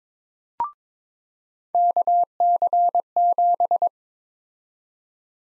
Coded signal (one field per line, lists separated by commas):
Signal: Morse code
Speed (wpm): 22 wpm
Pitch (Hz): 700 Hz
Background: none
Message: KC7